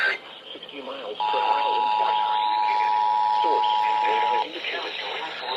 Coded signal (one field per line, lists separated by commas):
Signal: Emergency Alert System (SAME) tones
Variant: 853 and 960 Hz attention tone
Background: speech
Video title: EAS Severe Thunderstorm Warning #6 (From LWX) 7/14/25 (Credit Goes To @SouthernPennsylvaniaWX)